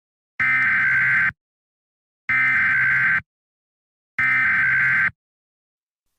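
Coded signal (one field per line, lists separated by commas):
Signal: Emergency Alert System (SAME) tones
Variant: header bursts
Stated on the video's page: Fictional alert scenario made for entertainment, containing valid alert tones.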